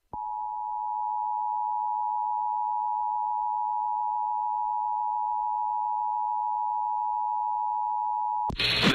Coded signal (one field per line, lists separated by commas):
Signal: Emergency Alert System (SAME) tones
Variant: 853 and 960 Hz attention tone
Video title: EAS Captures: SVR for Western Indiana